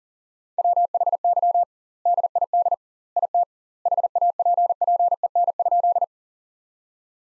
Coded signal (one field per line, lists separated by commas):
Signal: Morse code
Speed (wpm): 40 wpm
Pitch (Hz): 700 Hz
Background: none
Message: WHY DID IT HAPPEN?